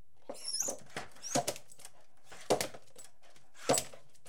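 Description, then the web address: Beagle barking in short, sharp yelps about once a second, each with a high squeaky edge, alongside rustling and scrabbling sounds. Beagle barking, whining and jumping. "The BBC Sound Effects Library. Beagle barking, whining, and jumping"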